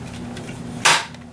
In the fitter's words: snaps right into place okay